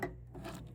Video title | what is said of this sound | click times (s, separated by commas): How To Change The Voltage On The ACiQ AHD Air Handler | You got to push in on that lock, and you'll hear it lock. | 0.0 s